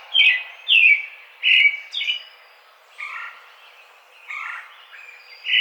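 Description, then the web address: American robin song, a series of clear caroling phrases, some loud and some softer and lower, with brief pauses between. Recorded 4 May 2009. "American Robin 2009 05 04"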